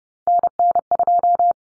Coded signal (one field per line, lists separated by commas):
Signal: Morse code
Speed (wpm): 30 wpm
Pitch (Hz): 700 Hz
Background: none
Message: NN2